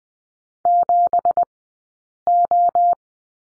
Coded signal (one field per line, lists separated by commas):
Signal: Morse code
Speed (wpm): 20 wpm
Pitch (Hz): 700 Hz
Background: none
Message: 7O